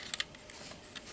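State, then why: Not seated. Plastic arms of a Transformers Legacy Bulkhead action figure are handled and folded toward the truck body during transformation, with two brief sharp handling ticks near 0.1 and 0.2 s and soft rustling after. Nothing has snapped or seated into place yet.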